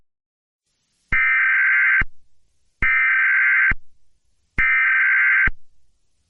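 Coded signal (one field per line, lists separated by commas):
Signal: Emergency Alert System (SAME) tones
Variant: header bursts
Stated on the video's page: Fictional mock EAS scenario based on a film, not a real alert.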